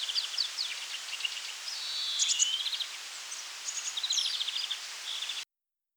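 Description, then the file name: European greenfinch twittering busily, mixing rapid trills, downslurred chips and buzzy rattles in a dense run that stops abruptly before the end. "Chloris chloris"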